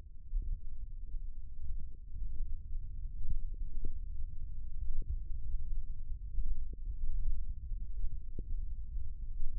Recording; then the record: forearm muscle sounds (acoustic myography)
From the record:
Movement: finger pinch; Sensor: system 1, eight BSWA MPA416 microphones around the upper forearm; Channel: 6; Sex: male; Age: 20 years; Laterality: left